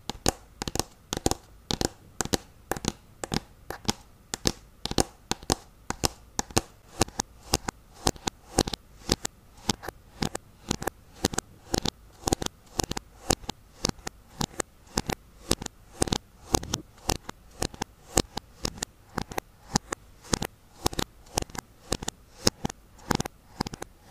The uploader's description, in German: Tapping auf verschiedenen Gegenständen